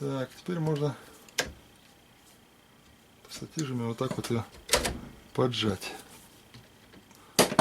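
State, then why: Seated. An optical speed sensor part is pressed down and squeezed into a router housing while someone talks. A sharp click sounds at 7.4 s as the part snaps into place and is seated.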